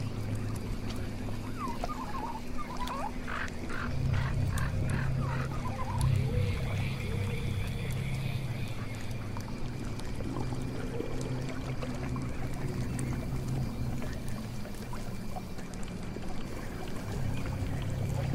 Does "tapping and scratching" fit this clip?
no